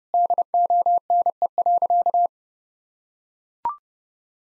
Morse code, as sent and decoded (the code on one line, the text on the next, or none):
-.. --- -. . .-.-.-
DONE.